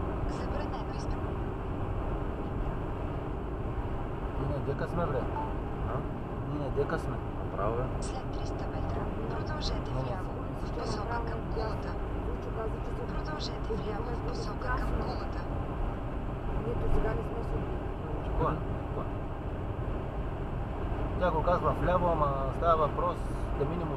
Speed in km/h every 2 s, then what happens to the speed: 86, 85, 85, 83, 84, 85, 85, 85, 84, 85, 85, 84.
0-24 steady at about 85.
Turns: none.